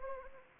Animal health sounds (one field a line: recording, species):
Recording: mosquito wingbeat signal from an infrared sensor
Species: Anopheles gambiae